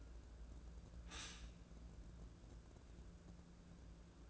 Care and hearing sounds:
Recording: daily activity, microphone in the room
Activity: stop toaster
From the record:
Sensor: 2

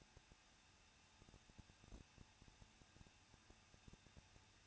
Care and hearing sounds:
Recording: daily activity, microphone in the room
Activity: no activity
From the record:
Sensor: 2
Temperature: 21.0 degrees Celsius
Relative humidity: 37.3%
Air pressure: 1006.3 hPa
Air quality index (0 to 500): 220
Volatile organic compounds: 23 ppm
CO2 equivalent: 2782 ppm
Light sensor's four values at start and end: 2/3/2/2 and 2/3/2/2

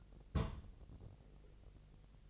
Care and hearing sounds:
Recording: daily activity, microphone in the room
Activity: place on stove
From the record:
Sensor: 4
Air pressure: 1000.2 hPa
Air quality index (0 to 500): 217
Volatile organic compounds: 23 ppm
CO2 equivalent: 2796 ppm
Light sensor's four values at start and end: 9/20/8/8 and 9/20/8/8

